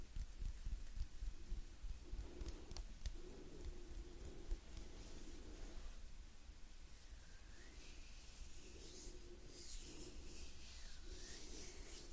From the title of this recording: Gentle Hand Sounds Movements & Breathing